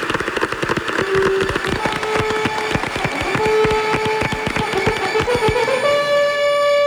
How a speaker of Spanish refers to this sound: Te enviamos un fuerte abrazo con este aplauso muy grande de la gente que está aquí en el Teatro Novedades de Barcelona.